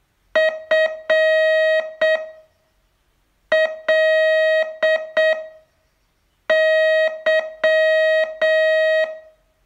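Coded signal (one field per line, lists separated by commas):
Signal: Morse code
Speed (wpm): 7 wpm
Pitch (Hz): 630 Hz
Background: music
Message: FLY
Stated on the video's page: Morse training test, day 29 of a 42-day course.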